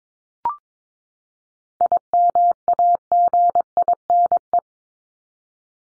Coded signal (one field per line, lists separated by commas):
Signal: Morse code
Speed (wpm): 22 wpm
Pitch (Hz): 700 Hz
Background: none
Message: IMAGINE